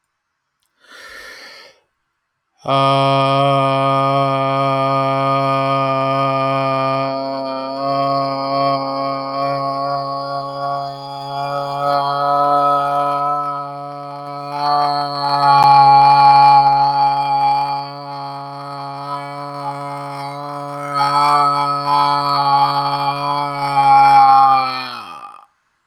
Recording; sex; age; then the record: vowel held as long as possible; male; 30 to 39 years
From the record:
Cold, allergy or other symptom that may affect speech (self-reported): no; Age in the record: 34 years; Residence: Florida, United States